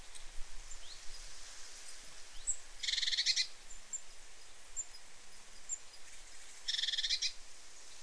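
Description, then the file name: Great tit harsh, buzzy churring calls: two short rasping bursts about four seconds apart, with a few faint high chirps and steady background hiss. "Parus major"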